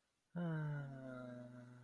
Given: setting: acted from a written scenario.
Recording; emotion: vocal sound without words; romantic love